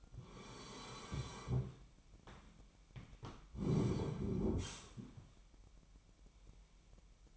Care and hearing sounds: daily activity, microphone in the room; sit down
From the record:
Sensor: 1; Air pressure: 998.5 hPa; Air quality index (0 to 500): 121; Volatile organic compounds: 3 ppm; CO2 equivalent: 1445 ppm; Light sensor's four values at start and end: 9/22/9/11 and 9/23/9/11

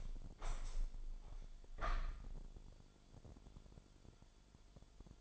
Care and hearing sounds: daily activity, microphone in the room; open window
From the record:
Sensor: 5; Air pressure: 1006.5 hPa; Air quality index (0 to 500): 182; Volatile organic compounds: 5 ppm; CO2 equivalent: 1730 ppm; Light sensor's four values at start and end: 56/161/63/63 and 57/161/63/64

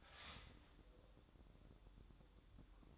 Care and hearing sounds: daily activity, microphone in the room; start toaster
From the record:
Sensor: 3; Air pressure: 1007.2 hPa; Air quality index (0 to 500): 54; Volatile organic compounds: 1 ppm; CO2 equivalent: 592 ppm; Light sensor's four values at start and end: 8/18/7/7 and 8/18/7/7

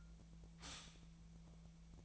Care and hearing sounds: daily activity, microphone in the room; stop toaster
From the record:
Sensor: 1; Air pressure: 1009.3 hPa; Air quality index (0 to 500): 195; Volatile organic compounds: 19 ppm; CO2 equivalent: 2671 ppm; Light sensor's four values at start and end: 20/53/21/25 and 20/51/21/24

